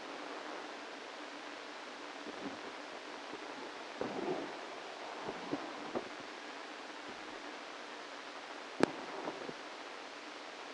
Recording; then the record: brain microelectrode recording played as sound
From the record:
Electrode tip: inside the subthalamic nucleus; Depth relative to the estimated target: -1 mm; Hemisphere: right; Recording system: NeuroSet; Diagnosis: Parkinson's disease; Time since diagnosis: 8 years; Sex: male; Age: 65 years